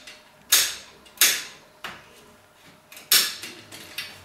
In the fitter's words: drauf achten dass sie richtig eingerastet sind alle vier damit nichts passieren kann